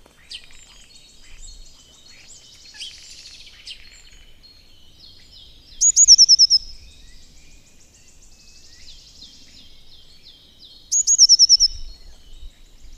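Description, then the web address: Eurasian blue tit song twice, each a short high introductory note and quick tinkling trill, about five seconds apart, between softer high twittering and buzzy notes. "agykontroll Madardalok Cd 1. Kék cinege"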